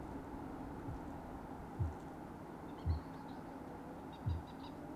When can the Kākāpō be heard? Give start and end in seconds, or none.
0.66-1.11, 1.65-2.04, 2.77-3.03, 4.09-4.52